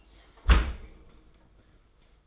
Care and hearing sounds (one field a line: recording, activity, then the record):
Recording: daily activity, microphone in the room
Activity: close dishwasher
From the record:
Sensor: 5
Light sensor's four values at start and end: 37/113/43/46 and 36/111/43/46